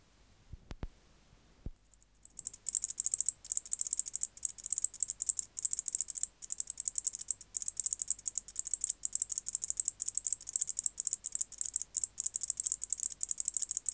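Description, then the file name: White-faced bush-cricket song, a few isolated clicks and a pause at first, then a sustained run of fast, high dry ticks. "Decticus albifrons"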